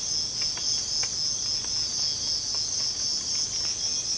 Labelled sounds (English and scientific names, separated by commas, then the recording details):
none
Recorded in secondary vegetation near Puerto Asís, Putumayo, Colombia, on 12 March 2025 at 05:30
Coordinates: 0.485, -76.322
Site G040